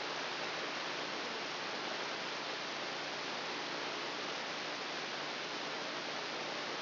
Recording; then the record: brain microelectrode recording played as sound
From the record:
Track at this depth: inside the subthalamic nucleus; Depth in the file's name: 2.909 mm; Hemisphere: left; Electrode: 2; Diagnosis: Parkinson's disease